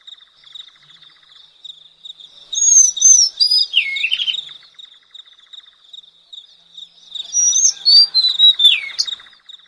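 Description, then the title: Madagascar magpie-robin singing two phrases of clear swooping whistles and chirps, separated by a pause, against a constant shrill hum and faint pulsing buzz. "suara burung kacer madagaskar"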